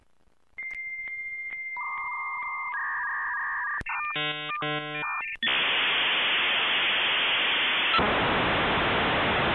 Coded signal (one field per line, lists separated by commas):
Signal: dial-up modem handshake